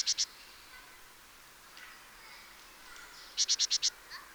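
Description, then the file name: Great tit calls: two sharp high notes, then a quick series of five, with faint other sounds between. "Parus major"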